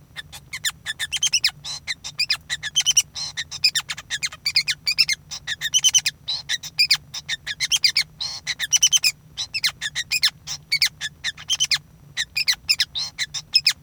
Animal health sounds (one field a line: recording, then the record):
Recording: song of a male Bengalese finch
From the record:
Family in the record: son of father 5